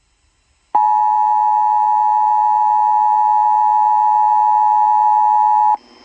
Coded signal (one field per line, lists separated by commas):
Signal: Emergency Alert System (SAME) tones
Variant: 853 and 960 Hz attention tone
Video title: MARINE WARNING SPAM.... (EAS Alerts from 8/7-9/22) (EAS # 1295-1331)